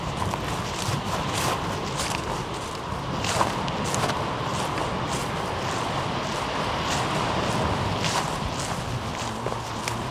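Walking along the Omø coastline, steady footsteps crunch regularly under a constant wash of waves, with no clear birdsong standing out.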